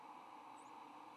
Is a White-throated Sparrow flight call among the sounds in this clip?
no